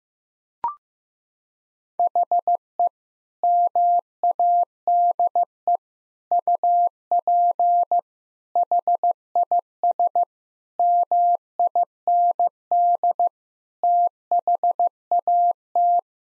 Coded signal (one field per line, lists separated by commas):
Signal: Morse code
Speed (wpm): 15 wpm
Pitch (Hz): 700 Hz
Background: none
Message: HE MADE UP HIS MIND THAT